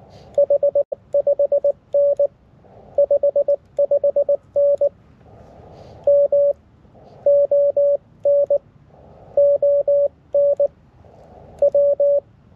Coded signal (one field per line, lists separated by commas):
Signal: Morse code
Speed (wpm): 19 wpm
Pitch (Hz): 560 Hz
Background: none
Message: H5N 55N M ON ON W